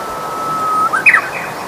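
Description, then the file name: Japanese bush warbler song: a long, steady whistled note that ends in a quick, rising and falling flourish, against a soft background hiss. "uguisu"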